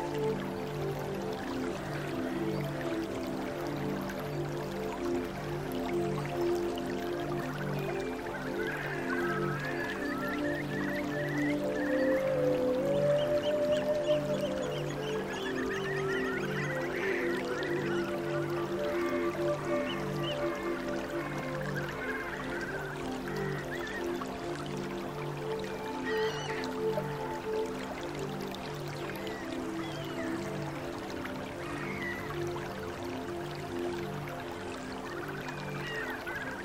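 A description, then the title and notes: A soft flute melody drifts over a steady, layered bed of low tones that pulse in a slow, regular rhythm throughout. Light bird chirps flutter through the middle of the recording, and a gentle rainforest wash stays constant underneath. Flute, Gentle Birds and Rainforest Sound.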